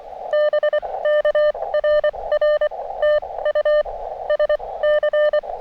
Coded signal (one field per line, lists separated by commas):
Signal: Morse code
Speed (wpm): 23 wpm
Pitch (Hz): 600 Hz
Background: none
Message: BK RR TU SC